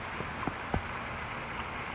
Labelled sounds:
California Towhee (Melozone crissalis)
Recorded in Sonoma County, California

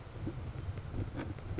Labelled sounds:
Grasshopper Sparrow (Ammodramus savannarum)
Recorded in Sonoma County, California

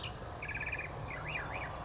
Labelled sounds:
California Towhee (Melozone crissalis)
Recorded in Sonoma County, California

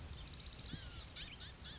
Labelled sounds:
Blue-gray Gnatcatcher (Polioptila caerulea)
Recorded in Sonoma County, California

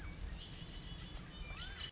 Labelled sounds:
Red-winged Blackbird (Agelaius phoeniceus)
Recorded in Sonoma County, California

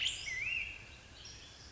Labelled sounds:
Black-headed Grosbeak (Pheucticus melanocephalus)
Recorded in Sonoma County, California

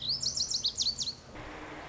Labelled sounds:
Lazuli Bunting (Passerina amoena)
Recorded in Sonoma County, California

